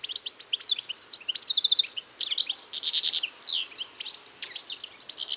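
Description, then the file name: European goldfinch song: a fast, liquid twittering of high chirps and slurred notes, broken by brief buzzy rattles, running almost without pause. "Carduelis carduelis"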